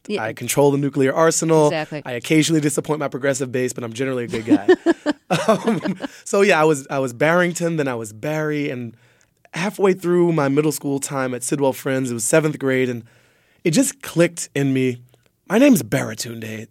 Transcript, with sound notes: I control the nuclear arsenal, I occasionally disappoint my progressive base, but I'm generally a good guy. (LAUGHTER) So yeah, I was Barrington, and then I was Barry, and halfway through my middle school time at Sidwell Friends, it was seventh grade, and it just clicked in me, my name's Baratunde.